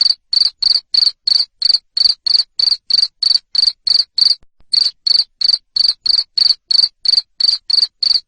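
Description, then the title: Cricket chirps, sharp and high, repeating roughly three times a second with one short break near the middle. Loud 'ngerik' cricket sound played to stimulate lovebirds to keep singing ('ngekek'). "Suara JANGKRIK NGERIK Keras Bikin LOVEBIRD Jadi NGEKEK Terus Vubey"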